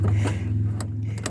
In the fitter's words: until it's locked into place or it's you can feel you can feel the base kind of fall into place